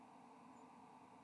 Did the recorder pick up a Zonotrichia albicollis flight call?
no